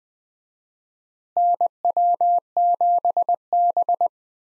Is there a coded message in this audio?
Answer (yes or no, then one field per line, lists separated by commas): yes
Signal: Morse code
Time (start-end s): 1.4-4.1 s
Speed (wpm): 21 wpm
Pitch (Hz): 700 Hz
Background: none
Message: NW7B